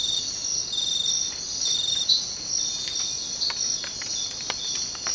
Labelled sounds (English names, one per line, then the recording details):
none
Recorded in dense forest near Puerto Asís, Putumayo, Colombia, on 24 March 2025 at 05:30
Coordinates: 0.500, -76.322
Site GP06